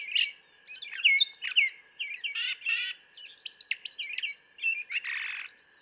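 Brown thrasher song, a rapid run of varied chirps, slurred whistles and buzzy rasps in quick succession, with a steady faint tone underneath throughout.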